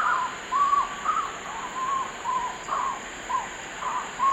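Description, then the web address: Collared puffbird song, a series of short mid-pitched notes against constant background hiss. Eastern lowlands of South America. "Natures Songs S America Eastern Lowlands. Collared Puffbird"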